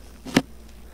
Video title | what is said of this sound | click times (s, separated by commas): Kirby carpet shampoo system assembly p2 | push it towards the vacuum until it locks into place | 0.4 s